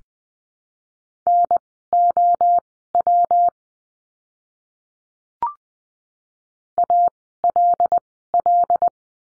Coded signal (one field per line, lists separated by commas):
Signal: Morse code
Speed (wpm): 20 wpm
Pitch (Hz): 700 Hz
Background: none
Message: NOW ALL